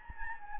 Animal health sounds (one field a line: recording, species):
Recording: mosquito wingbeat signal from an infrared sensor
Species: Anopheles gambiae